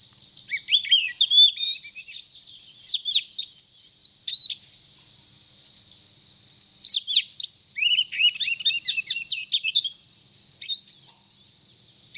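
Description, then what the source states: Oriental magpie-robin song of rapid, varied whistled and buzzy notes in three bursts, with a long quiet gap midway and a short one before the last, against a constant high background tone. Title describes the bird as singing 'gacor', meaning actively and persistently.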